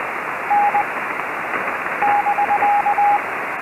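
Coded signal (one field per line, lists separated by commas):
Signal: Morse code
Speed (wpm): 20 wpm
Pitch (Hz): 840 Hz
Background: radio noise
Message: N <BK>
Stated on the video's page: CW Summits on the Air activation of W6/SD-026 using a SOTAbeams Bandhopper.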